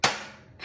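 A spring bill clip inside a cash box is pulled up and let go, snapping back down onto the bills with a single sharp click at 0.0 s that rings out and fades. A softer second tap follows near 0.6 s. The clip is seated back down.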